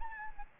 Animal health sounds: mosquito wingbeat signal from an infrared sensor; Aedes albopictus

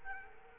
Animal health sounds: mosquito wingbeat signal from an infrared sensor; Culex quinquefasciatus

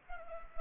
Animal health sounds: mosquito wingbeat signal from an infrared sensor; Culex pipiens

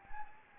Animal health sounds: mosquito wingbeat signal from an infrared sensor; Anopheles gambiae

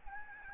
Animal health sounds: mosquito wingbeat signal from an infrared sensor; Aedes albopictus

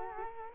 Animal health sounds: mosquito wingbeat signal from an infrared sensor; Culex quinquefasciatus

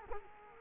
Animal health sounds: mosquito wingbeat signal from an infrared sensor; Culex quinquefasciatus

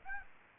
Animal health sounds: mosquito wingbeat signal from an infrared sensor; Aedes aegypti

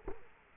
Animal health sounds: mosquito wingbeat signal from an infrared sensor; Culex quinquefasciatus

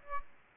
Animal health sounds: mosquito wingbeat signal from an infrared sensor; Aedes aegypti

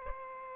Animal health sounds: mosquito wingbeat signal from an infrared sensor; Aedes aegypti

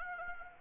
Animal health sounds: mosquito wingbeat signal from an infrared sensor; Anopheles arabiensis

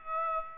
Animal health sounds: mosquito wingbeat signal from an infrared sensor; Aedes aegypti

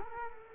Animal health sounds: mosquito wingbeat signal from an infrared sensor; Culex quinquefasciatus

